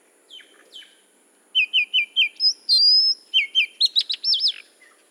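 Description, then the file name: Oriental magpie-robin singing: after two faint notes comes a run of clear repeated whistles, then a long whistled slur and a closing cluster of rapid, wavering notes. Recorded at Udahamulla on 1 May 2005. "Magpie-robin Udahamulla 01 May 2005"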